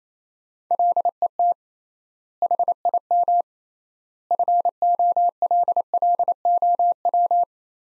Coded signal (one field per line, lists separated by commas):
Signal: Morse code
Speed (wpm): 28 wpm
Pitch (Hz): 700 Hz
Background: none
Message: LET HIM FOLLOW